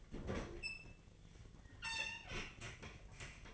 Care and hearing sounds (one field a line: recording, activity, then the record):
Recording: daily activity, microphone in the room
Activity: open fridge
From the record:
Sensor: 4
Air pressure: 1010.5 hPa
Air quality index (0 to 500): 176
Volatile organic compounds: 5 ppm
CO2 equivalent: 1794 ppm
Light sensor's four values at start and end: 34/99/39/40 and 28/83/32/33